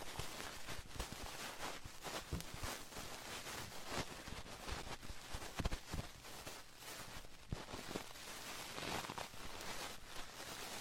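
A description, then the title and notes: Penetrating flow of ear cleaning: a dense, continuous rush with frequent irregular crackles and brief thumps, its loudness wavering slightly throughout. Penetrating flow ear cleaning.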